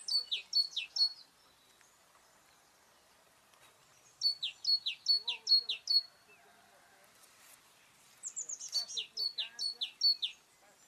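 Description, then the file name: Great tit calls: three bursts of rapid, high notes, each note sliding downward, separated by pauses. "Parus major"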